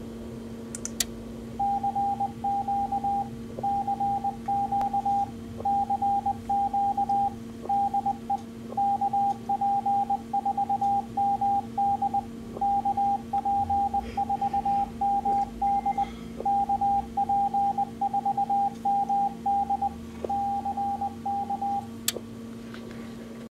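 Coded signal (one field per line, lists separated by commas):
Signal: Morse code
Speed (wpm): 20 wpm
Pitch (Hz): 800 Hz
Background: radio noise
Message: CQ CQ CQ DE KP4MD KP4MD KP4MD CK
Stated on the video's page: 2 meter CW from a Flex-1500 driving an Elecraft XV144 transverter at 15 watts output.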